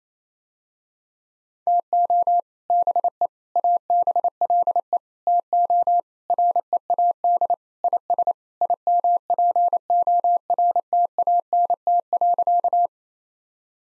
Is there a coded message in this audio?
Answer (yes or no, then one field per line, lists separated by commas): yes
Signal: Morse code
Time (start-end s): 1.7-12.9 s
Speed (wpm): 27 wpm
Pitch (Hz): 700 Hz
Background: none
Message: TO BE ABLE TO READ IS IMPORTANT.